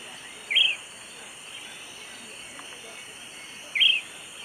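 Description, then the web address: Short-crested flycatcher dawn song: two short, sharp whistled notes about three seconds apart over a steady high insect drone. Dawn song; eastern lowlands of South America. "Natures Songs S America Eastern Lowlands. Myiarchus ferox, dawn song"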